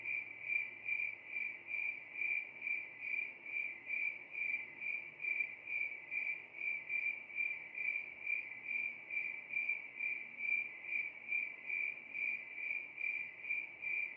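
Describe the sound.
Cricket song: continuous high-pitched trill swelling in regular pulses roughly twice a second throughout, over a quiet low hum.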